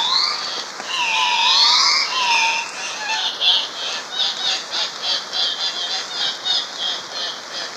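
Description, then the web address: Andean cock-of-the-rock giving drawn-out, grating squawks at first, then a fast run of short pulsing notes. In Ecuador. "Birds of Ecuador. Andean Cock-of-the-rock"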